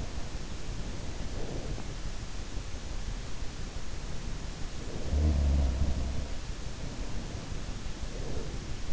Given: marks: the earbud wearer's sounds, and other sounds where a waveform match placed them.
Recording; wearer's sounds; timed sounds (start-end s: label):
sounds in sleep by an in-ear microphone; breath
0.35-2.04 s: breath
4.72-8.93 s: sound from someone else or the room
6.67-8.93 s: breath